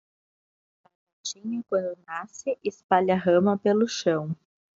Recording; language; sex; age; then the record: short text; Brazilian Portuguese; female; 30 to 39 years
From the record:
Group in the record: control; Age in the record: 33 years